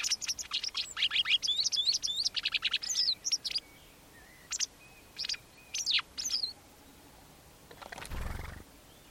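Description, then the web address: White wagtail calls: a rapid burst of sharp, high chirping notes over the first few seconds, then scattered single chirps, ending with a low thump. "cianscape birddata Deverinetal 2025"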